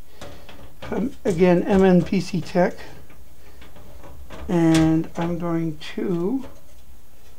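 A part is handled near the tool-less expansion-slot retention clip of a modded PC case used as a test bench, a clip meant to hold it without pressing the release button or using thumbscrews. Someone talks throughout, with a few faint handling taps around 0.2, 0.5 and 3.6 seconds. Nothing has seated or clicked yet.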